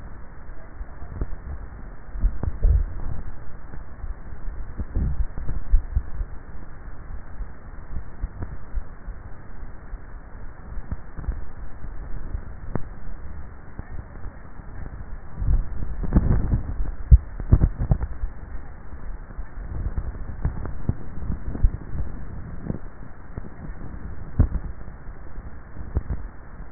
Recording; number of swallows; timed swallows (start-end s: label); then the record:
swallowing sounds by neck microphone; 3
2.52-3.22 s: swallow
5.78-6.28 s: swallow
12.28-12.82 s: swallow
From the record:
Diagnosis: dysphagia